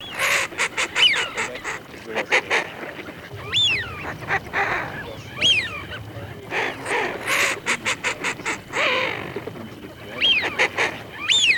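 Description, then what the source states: Eurasian wigeon whistling: several high, clear, downslurred whistles at intervals, over a busy background of harsh bursts and chattering calls. Male; recording played from a Plurifon electronic duck-caller sound chip.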